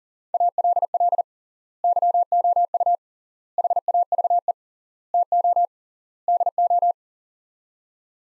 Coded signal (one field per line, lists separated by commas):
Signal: Morse code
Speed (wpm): 37 wpm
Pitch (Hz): 700 Hz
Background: none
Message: ALL YOU HAVE TO DO